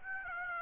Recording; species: mosquito wingbeat signal from an infrared sensor; Aedes aegypti